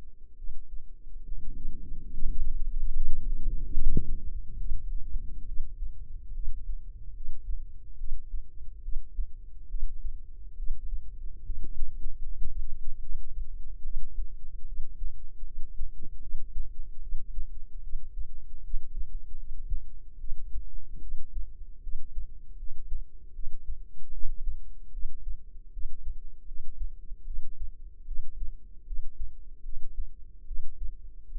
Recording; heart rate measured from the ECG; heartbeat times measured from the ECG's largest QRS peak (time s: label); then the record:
heart sounds by microphone in the left ear; 74 bpm
0.35 s: heartbeat
1.23 s: heartbeat
2.11 s: heartbeat
2.92 s: heartbeat
3.72 s: heartbeat
4.58 s: heartbeat
5.45 s: heartbeat
6.33 s: heartbeat
7.14 s: heartbeat
7.97 s: heartbeat
8.82 s: heartbeat
9.68 s: heartbeat
10.56 s: heartbeat
11.43 s: heartbeat
12.21 s: heartbeat
13.00 s: heartbeat
13.82 s: heartbeat
14.65 s: heartbeat
15.44 s: heartbeat
16.20 s: heartbeat
17.00 s: heartbeat
17.81 s: heartbeat
18.61 s: heartbeat
19.37 s: heartbeat
20.18 s: heartbeat
20.99 s: heartbeat
21.80 s: heartbeat
22.56 s: heartbeat
23.33 s: heartbeat
24.11 s: heartbeat
24.91 s: heartbeat
25.71 s: heartbeat
26.45 s: heartbeat
27.24 s: heartbeat
28.05 s: heartbeat
28.84 s: heartbeat
29.62 s: heartbeat
30.45 s: heartbeat
31.29 s: heartbeat
From the record:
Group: healthy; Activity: rest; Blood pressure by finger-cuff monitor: 94/64 mmHg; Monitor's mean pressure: 74 mmHg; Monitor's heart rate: 74 bpm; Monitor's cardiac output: 5.4 L/min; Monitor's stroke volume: 74 mL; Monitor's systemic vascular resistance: 990 dyn s/cm5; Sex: female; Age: 22 years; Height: 160 cm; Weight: 45 kg